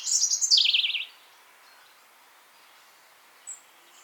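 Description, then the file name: European robin song phrase: a burst of high notes ending in a rapid wavering trill lasting about half a second, followed by near silence and one faint high note. "Erithacus rubecula"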